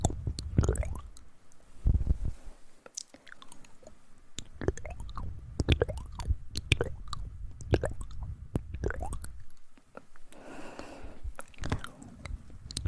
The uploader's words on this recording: ASMR Super tingly Mouth sounds.